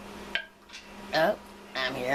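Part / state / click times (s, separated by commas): metal canning lid on a glass jar / seated / 0.4 s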